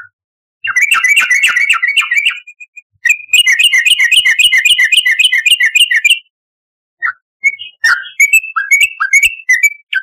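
Yellow-vented bulbul chattering in fast runs of bright, slurred whistles, two long bursts separated by a brief gap, followed by looser scattered notes.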